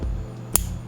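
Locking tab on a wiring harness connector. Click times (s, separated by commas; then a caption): 0.6 s. A locking tab on a new, unused plastic wiring harness connector is flipped open by hand to show how firm it should be. A sharp, bright snap at 0.6 s marks the tab releasing, over a low, steady hum. The connector lock is released.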